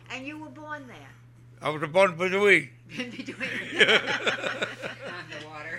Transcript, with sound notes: And you were born there.
I was born in between. ( they laugh )
Out in the water.